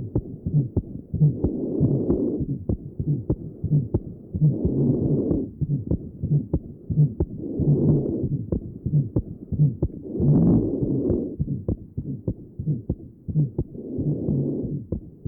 Patient has an innocent systolic murmur. Recording taken from left sternal edge. Note the grunty systolic murmur at this area.